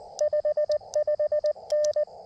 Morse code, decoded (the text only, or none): 55N